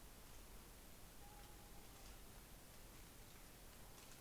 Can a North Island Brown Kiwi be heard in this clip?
no